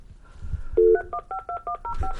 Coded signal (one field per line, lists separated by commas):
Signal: DTMF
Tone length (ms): 100 ms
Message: 3152105